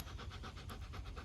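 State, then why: Not seated. Someone handles the metal quick-release clip of a prong training collar, refitting it around a dog's neck just behind the ears. Steady rhythmic panting from the dog fills the clip, with a faint, brief high-pitched tick near 0.7 s. The clip has not yet snapped closed; nothing has seated or clicked.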